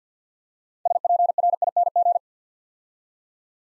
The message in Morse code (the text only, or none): SPRING